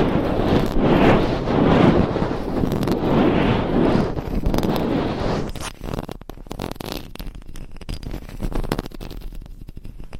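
Dense, rough scratching on a binaural mic fills the first five seconds, then thins into sparser scratches and quick tapping clicks.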